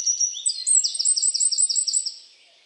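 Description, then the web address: Bird song: high thin whistles, then a rapid, evenly spaced series of bright chirping notes, fading out at the end. "Bird Only"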